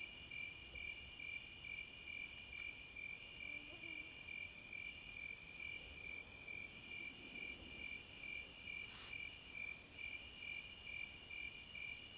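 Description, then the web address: Cricket chorus with rhythmic pulsed chirps at roughly two per second, layered with a high sustained ringing trill interrupted at intervals of about two seconds. Crickets at midnight. "Sleep Sounds of Nature CRICKETS Midnight Serenade"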